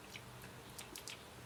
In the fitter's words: click it make sure it clicks otherwise you have this little Gap here